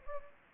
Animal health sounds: mosquito wingbeat signal from an infrared sensor; Anopheles gambiae

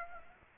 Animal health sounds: mosquito wingbeat signal from an infrared sensor; Aedes aegypti

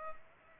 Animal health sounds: mosquito wingbeat signal from an infrared sensor; Culex pipiens

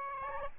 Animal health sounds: mosquito wingbeat signal from an infrared sensor; Aedes albopictus

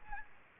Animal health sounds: mosquito wingbeat signal from an infrared sensor; Aedes albopictus

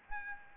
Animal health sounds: mosquito wingbeat signal from an infrared sensor; Aedes aegypti

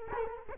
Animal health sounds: mosquito wingbeat signal from an infrared sensor; Culex quinquefasciatus

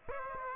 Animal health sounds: mosquito wingbeat signal from an infrared sensor; Aedes aegypti

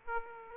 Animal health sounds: mosquito wingbeat signal from an infrared sensor; Aedes aegypti

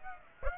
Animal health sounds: mosquito wingbeat signal from an infrared sensor; Aedes aegypti

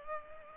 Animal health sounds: mosquito wingbeat signal from an infrared sensor; Culex pipiens

